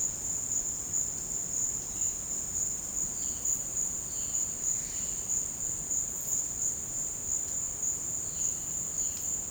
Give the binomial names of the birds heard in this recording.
Cyanocorax violaceus